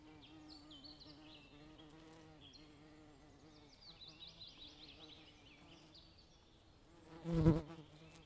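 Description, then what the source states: Insects buzzing in a low, steady drone that wavers slightly, with high twittering sounds over it and a brief louder burst near the end. Insects heard in a forest.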